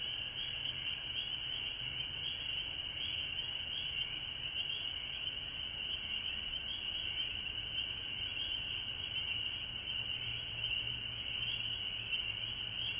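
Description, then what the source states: Steady frog chorus, a ringing high-pitched mass of calls continuing without a break, over a faint low hum. Recorded at home in Georgia on March 19, 2020.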